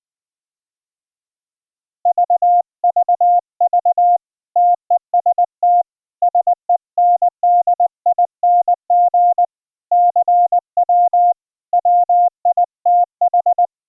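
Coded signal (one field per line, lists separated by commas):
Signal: Morse code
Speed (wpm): 20 wpm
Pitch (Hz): 710 Hz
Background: none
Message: VVV TEST SENDING CW WITH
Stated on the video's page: Iambic CW keyed with iambic paddles wired to a Teensy LC board running MidiKey firmware, sending MIDI notes to ehoCW software on a Windows 10 desktop, near zero latency.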